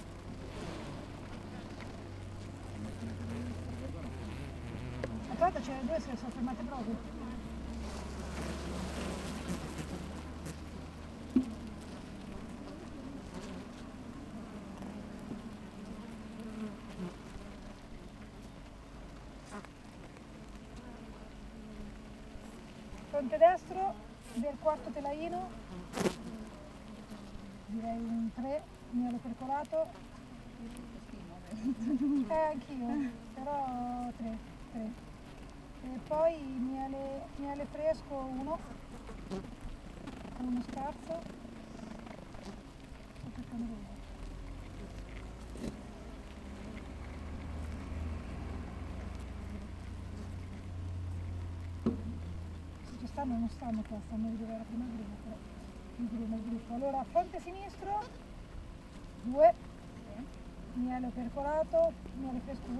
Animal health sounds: honeybee colony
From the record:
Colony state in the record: active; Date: 28 July 2017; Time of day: 8:00

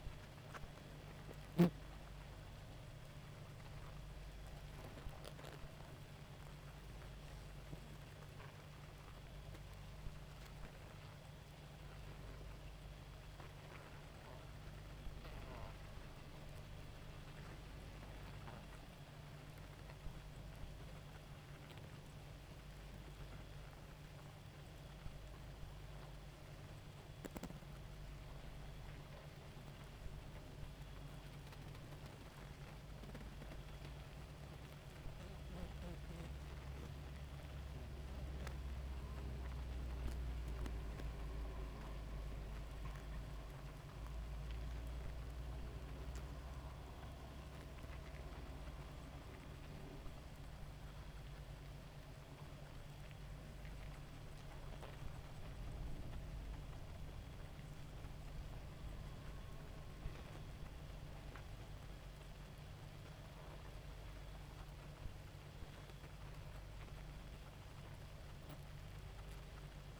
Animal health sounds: honeybee colony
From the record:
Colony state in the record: active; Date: 28 July 2017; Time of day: 2:10

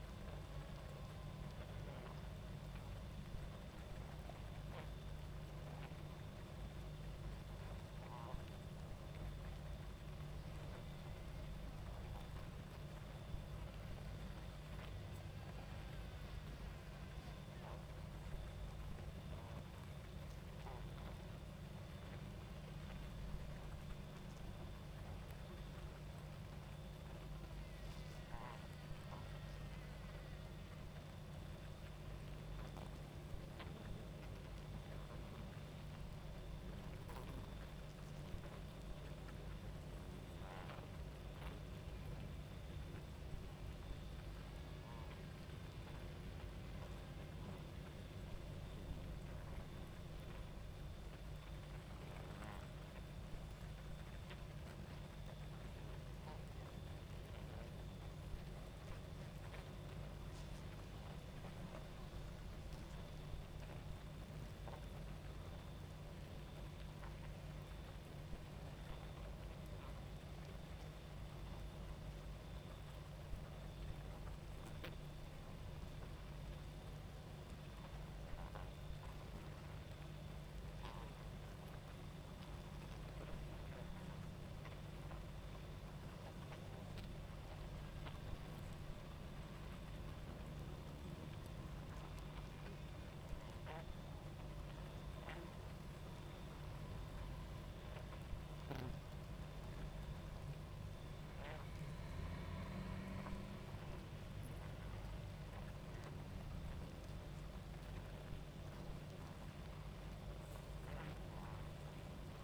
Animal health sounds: honeybee colony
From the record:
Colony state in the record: active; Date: 28 July 2017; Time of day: 22:26

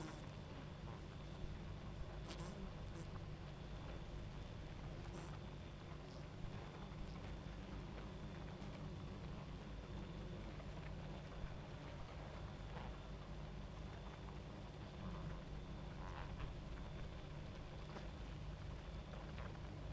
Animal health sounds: honeybee colony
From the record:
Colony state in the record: active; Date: 28 July 2017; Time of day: 23:49

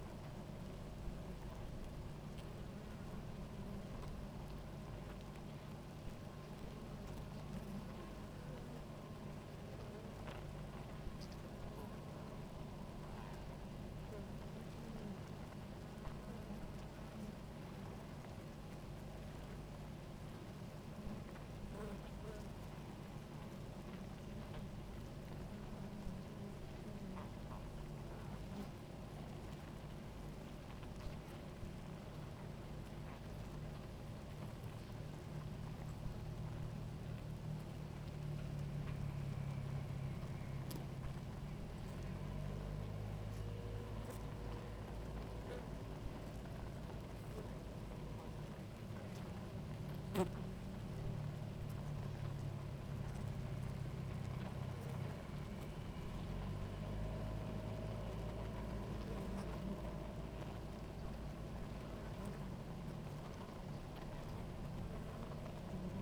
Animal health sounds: honeybee colony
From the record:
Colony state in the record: active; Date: 28 July 2017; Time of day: 17:25

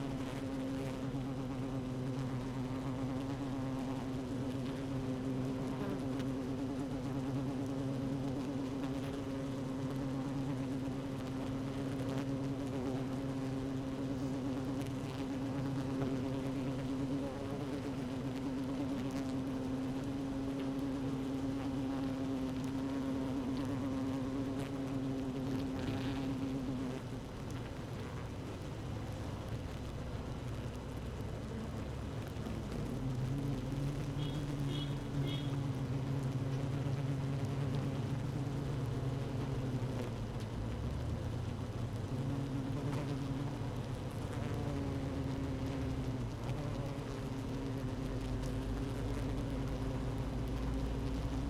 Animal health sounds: honeybee colony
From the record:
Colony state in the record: active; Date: 12 June 2018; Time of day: 15:16

